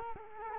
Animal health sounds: mosquito wingbeat signal from an infrared sensor; Culex quinquefasciatus

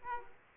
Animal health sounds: mosquito wingbeat signal from an infrared sensor; Aedes aegypti

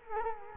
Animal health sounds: mosquito wingbeat signal from an infrared sensor; Culex quinquefasciatus

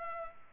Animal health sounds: mosquito wingbeat signal from an infrared sensor; Culex pipiens

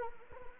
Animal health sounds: mosquito wingbeat signal from an infrared sensor; Anopheles arabiensis

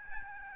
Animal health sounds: mosquito wingbeat signal from an infrared sensor; Aedes albopictus

